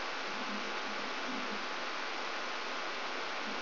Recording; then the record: brain microelectrode recording played as sound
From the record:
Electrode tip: outside the subthalamic nucleus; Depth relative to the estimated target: 4 mm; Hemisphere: right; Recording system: AlphaMap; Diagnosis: Parkinson's disease